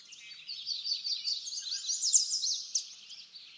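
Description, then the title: Bird song, a quick tangle of high chirps and down-slurred notes, brief and continuous. Backyard. "Backyard Birds - Ambient Nature Bird Sounds"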